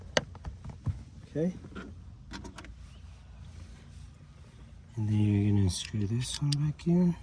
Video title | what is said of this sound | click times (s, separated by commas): Fix Car Window that Won’t Close Shut | they'll snap into place like that. | 0.2 s